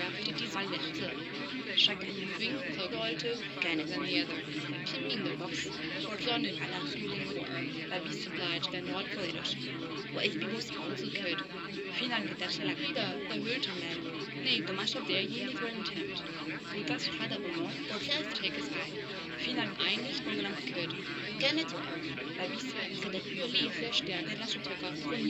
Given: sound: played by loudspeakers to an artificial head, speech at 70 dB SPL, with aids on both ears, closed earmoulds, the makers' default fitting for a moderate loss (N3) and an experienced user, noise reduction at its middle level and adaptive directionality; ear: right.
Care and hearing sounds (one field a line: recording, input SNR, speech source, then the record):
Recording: speech test signal (ISTS) in cocktail-party noise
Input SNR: -6 dB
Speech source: on the right (90 degrees)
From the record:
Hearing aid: class 1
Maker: D